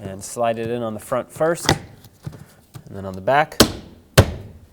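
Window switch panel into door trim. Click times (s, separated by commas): 4.2 s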